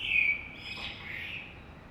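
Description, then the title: Common blackbird giving a short fluted whistle that trails into a softer warbled note, with gentle background hiss. Saint-Gilles, Belgium; early morning; recorded with DPA 2006c microphones in AB stereo into a Zoom F3. "Saint-Gilles, Belgique - Blackbird - Merle"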